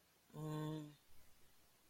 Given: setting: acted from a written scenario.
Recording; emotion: vocal sound without words; guilt